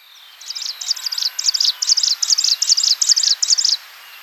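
Striated prinia song, a steady string of high, rasping doubled notes repeated rapidly for over three seconds against quiet background.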